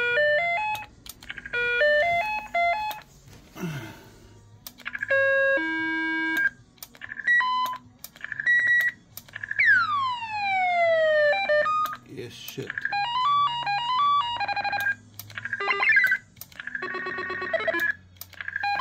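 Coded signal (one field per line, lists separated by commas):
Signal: roger beep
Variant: CB radio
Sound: a rapid series of different short electronic beep melodies, chirps and falling sweeps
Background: low background hum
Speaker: Fait que là ça c'était la démonstration des Roger Bip.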